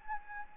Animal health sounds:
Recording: mosquito wingbeat signal from an infrared sensor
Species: Anopheles gambiae

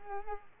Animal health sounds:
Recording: mosquito wingbeat signal from an infrared sensor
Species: Culex quinquefasciatus

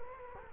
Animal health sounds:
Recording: mosquito wingbeat signal from an infrared sensor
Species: Culex quinquefasciatus

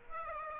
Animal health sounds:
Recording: mosquito wingbeat signal from an infrared sensor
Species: Aedes aegypti

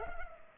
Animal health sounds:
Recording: mosquito wingbeat signal from an infrared sensor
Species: Culex pipiens

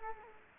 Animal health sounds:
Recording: mosquito wingbeat signal from an infrared sensor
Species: Culex quinquefasciatus

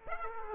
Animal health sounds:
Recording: mosquito wingbeat signal from an infrared sensor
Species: Aedes aegypti

